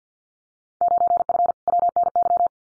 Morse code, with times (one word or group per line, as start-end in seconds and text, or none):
0.8-1.5 9F
1.7-2.5 WNY